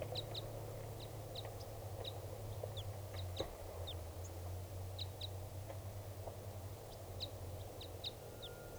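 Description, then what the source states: Red Crossbill (type 2) calls, brief sharp chip notes given irregularly, sometimes in quick pairs, above a steady low hum. Wild red type 2 bird perched at the top of a tall tree above a net, calling only a little.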